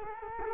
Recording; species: mosquito wingbeat signal from an infrared sensor; Culex quinquefasciatus